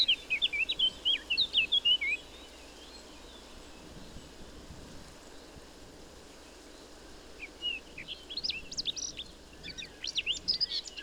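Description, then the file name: Eurasian blackcap giving a fast warbled phrase at the start, a long pause, then a scratchier warble resuming over the final seconds. "Sylvia atricapilla"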